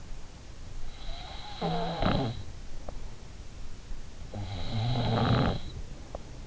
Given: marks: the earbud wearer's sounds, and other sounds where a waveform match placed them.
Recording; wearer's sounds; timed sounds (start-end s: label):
sounds in sleep by an in-ear microphone; snoring breath
0.82-3.10 s: snoring breath
3.79-6.25 s: snoring breath